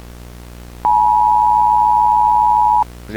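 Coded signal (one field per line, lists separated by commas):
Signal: Emergency Alert System (SAME) tones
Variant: 853 and 960 Hz attention tone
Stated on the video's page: Fictional EAS scenario in analog horror style, based on a creepypasta.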